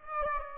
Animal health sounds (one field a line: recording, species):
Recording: mosquito wingbeat signal from an infrared sensor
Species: Aedes aegypti